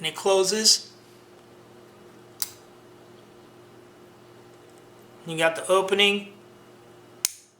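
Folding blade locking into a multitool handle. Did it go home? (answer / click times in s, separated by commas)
yes / 7.2 s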